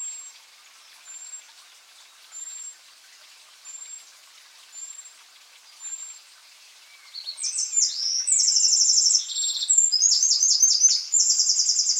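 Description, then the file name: Eurasian wren song: thin high notes every second or so, then from about seven seconds a loud, fast stream of rattling, buzzy trills continues to the end. "Troglodytes troglodytes"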